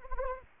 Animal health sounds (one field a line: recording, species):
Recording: mosquito wingbeat signal from an infrared sensor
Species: Anopheles gambiae